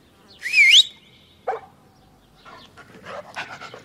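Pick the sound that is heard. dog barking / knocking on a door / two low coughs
dog barking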